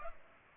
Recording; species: mosquito wingbeat signal from an infrared sensor; Culex pipiens